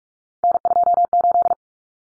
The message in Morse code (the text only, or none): N28